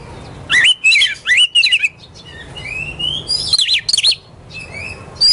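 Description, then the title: Oriental magpie-robin song, loud zigzag whistled phrases and a long rising slur, separated by short quiet gaps. Kacer poci form; national champion competition bird, singing vigorously in nembak (shooting) and ngerol (rolling) styles; seven kinds of song every three minutes. "Kacer Poci Gacor Nembak Dan Ngerol Juara Nasional. 7 macam suara kacer setiap 3 menit"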